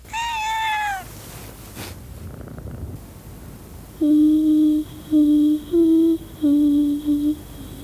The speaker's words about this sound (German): und die Katze begann freundschaftlich zu schnurren.